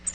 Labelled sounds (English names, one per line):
Tennessee Warbler flight call